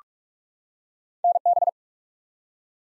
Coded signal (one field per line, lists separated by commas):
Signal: Morse code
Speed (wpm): 44 wpm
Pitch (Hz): 700 Hz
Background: none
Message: NB